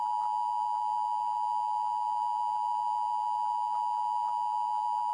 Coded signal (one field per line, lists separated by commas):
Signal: Emergency Alert System (SAME) tones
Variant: 853 and 960 Hz attention tone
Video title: Test of EAS in 2026 [Mock]